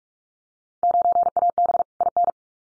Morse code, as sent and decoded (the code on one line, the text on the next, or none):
----. .- -... / .. -.
9AB IN